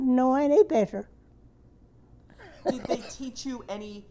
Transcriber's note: laughs